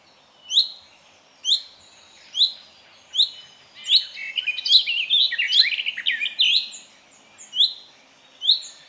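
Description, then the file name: Common chaffinch calls: short, sharp upslurred notes repeated about once a second, interrupted midway by a busy burst of overlapping chirps and twitters. "Fringilla coelebs"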